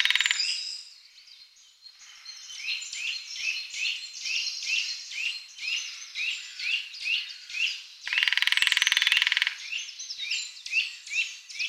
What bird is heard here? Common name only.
Lesser Spotted Woodpecker